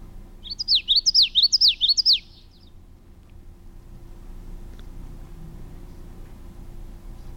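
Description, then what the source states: Common Yellowthroat song: a quick run of high, sharply rising and falling whistled phrases lasting under two seconds, then quiet with faint background hum. Four-phrase song described as witchety, witchety, witchety, witchety, played at regular speed; notes rise, sometimes rising, falling and rising very rapidly.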